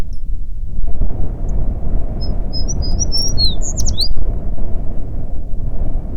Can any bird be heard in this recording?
yes